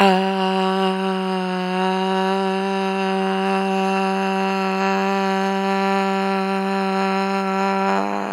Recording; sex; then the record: sustained vowel /a/; female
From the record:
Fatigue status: no fatigue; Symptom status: symptomatic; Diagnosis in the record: COVID-19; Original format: m4a